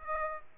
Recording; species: mosquito wingbeat signal from an infrared sensor; Aedes aegypti